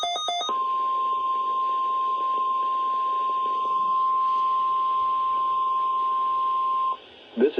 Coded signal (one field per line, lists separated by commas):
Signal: Emergency Alert System (SAME) tones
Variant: 1050 Hz attention tone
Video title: SPECIAL EAS #24 - STATEWIDE TORNADO DRILL - KINDA RARE!